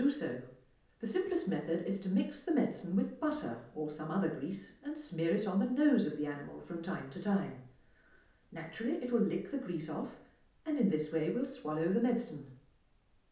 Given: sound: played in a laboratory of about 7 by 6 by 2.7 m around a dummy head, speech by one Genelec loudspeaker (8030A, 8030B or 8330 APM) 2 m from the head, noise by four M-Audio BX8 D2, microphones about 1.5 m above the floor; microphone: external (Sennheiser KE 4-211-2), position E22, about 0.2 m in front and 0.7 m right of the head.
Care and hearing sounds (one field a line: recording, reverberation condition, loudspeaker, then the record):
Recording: female speech in English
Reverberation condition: medium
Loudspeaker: 60 degrees to the left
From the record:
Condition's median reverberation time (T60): about 510 ms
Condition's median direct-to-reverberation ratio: about -0.5 dB